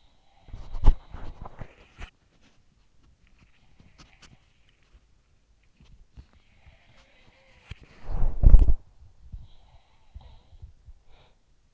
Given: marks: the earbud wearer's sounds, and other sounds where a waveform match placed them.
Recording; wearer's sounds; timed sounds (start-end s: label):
sounds in sleep by an in-ear microphone; body movement
0.00-11.74 s: body movement
3.46-5.77 s: sound from someone else or the room
6.20-8.94 s: sound from someone else or the room
9.36-11.44 s: sound from someone else or the room